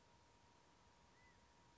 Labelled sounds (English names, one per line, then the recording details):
California Quail
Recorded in Sonoma County, California